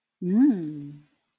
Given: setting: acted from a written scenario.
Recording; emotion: vocal sound without words; romantic love